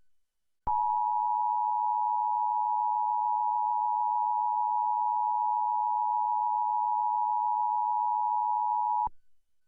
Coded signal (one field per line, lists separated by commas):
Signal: Emergency Alert System (SAME) tones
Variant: 853 and 960 Hz attention tone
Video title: Emergency Alert System- Tsunami Warning San francisco